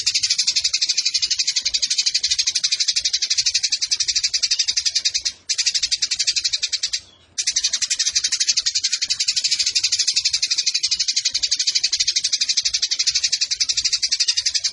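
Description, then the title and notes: Eurasian tree sparrow producing a long, shrill, fast-pulsed chatter, steady throughout except for two brief interruptions. Fighting-style sparrow with long 'nembak panjang' shooting chatter and clear voice, used as a tutor recording for birds entered in song competitions. "GEREJA TARUNG NEMBAK PANJANG SUARA JERNIH MASTERAN WAJIB BURUNG LOMBA. Burung Gereja"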